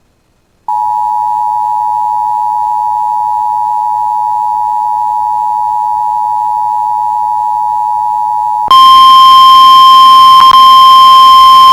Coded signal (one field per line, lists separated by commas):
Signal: Emergency Alert System (SAME) tones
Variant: 853 and 960 Hz attention tone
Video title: [EAS] Severe Thunderstorm Warning for Bemidji MN (June 24, 2024)